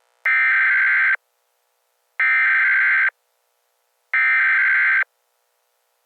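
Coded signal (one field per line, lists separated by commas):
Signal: Emergency Alert System (SAME) tones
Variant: header bursts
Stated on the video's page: Fictional EAS scenario using valid EAS tones.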